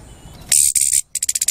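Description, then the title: Orange-headed thrush giving harsh, buzzy high bursts, then a quick series of short scratchy pulses, roughly seven in half a second. Orange-headed thrush giving "cip" and "brebetan" call types. "Anis Merah Suara Cip & Brebetan"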